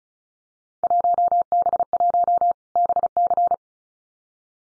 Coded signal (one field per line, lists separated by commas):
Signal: Morse code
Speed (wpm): 34 wpm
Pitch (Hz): 700 Hz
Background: none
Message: 1B1 BC